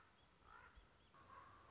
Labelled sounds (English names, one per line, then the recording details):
Common Raven
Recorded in Sonoma County, California